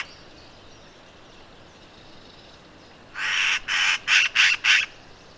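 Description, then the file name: Eurasian magpie chattering in a fast series of five harsh, scratchy notes after a quiet opening. "Pica pica"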